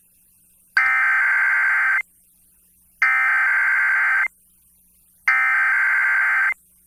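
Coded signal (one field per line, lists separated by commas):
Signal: Emergency Alert System (SAME) tones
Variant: header bursts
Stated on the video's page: EAS alerts received via SDR in Poughkeepsie, New York.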